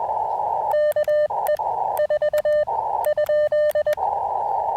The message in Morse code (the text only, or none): KE4?